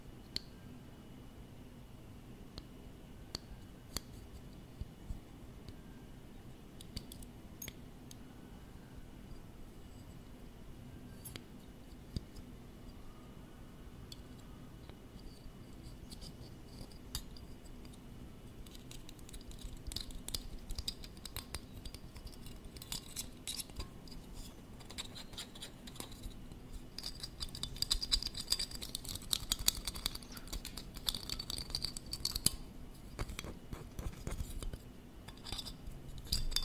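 Tapping and tracing on office objects, starting as sparse light clicks and scratches over a low steady hum. From about 18 seconds the handling grows busier and brighter, with dense crisp ticks, small metallic clinks and rustling scrapes that peak near 28 and 33 seconds.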